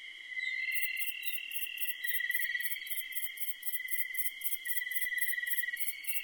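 Crickets trilling: steady high tones layered at several pitches, with a sharper, very high pulse repeating about four times a second over them.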